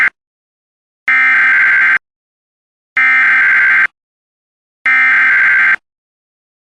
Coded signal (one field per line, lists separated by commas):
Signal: Emergency Alert System (SAME) tones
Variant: header bursts